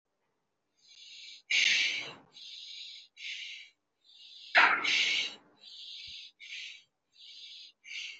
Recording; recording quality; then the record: shallow breathing; excellent, no background noise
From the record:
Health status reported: healthy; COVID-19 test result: negative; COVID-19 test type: RT-PCR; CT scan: not taken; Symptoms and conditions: none ticked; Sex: male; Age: 23 years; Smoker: no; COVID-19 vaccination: one dose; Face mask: not worn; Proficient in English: yes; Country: India